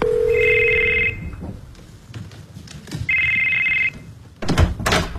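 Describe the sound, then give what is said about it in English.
A telephone rings twice, each burst a steady, bright electronic trill lasting about a second, separated by a pause filled with low rustling and a few soft knocks. “Your phone rang.”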